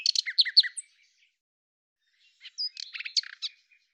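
Common nightingale producing short clusters of rich chirping notes, a brief thin whistle, a quiet gap, then another burst of varied notes.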